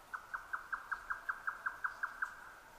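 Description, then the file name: Grey nightjar song, a steady train of about twelve sharp, identical notes repeated quickly, with nothing else audible. 12 June 2009 at 22:41. "yotaka-20090612-2241"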